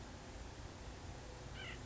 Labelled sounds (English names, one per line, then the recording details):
White-breasted Nuthatch
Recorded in Sonoma County, California